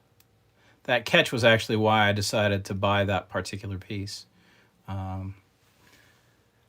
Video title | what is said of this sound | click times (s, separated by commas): Just sorting some gold, join me for a chat if you like | it locks in place. | 0.2 s